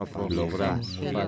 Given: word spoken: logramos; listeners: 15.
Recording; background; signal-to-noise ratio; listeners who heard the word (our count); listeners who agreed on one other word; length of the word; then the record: one Spanish word in noise, from a listening test; four-talker babble; 0.0 dB; 1 of 15; 13 of 15; 0.88 s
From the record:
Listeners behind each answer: 13, 1, 1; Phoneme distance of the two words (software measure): 24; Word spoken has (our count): 3 syllables, 8 phonemes, stress on syllable 2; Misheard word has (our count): 2 syllables, 6 phonemes, stress on syllable 2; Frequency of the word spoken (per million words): 4.69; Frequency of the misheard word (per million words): 82.32